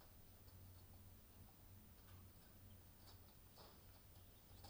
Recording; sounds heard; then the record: poultry house recording; healthy chickens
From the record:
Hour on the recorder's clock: 23